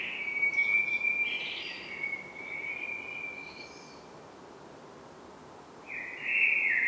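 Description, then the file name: Common blackbird with a long warbled phrase topped by brief higher twitters, a quiet gap, then another short fluty note. "Turdus merula"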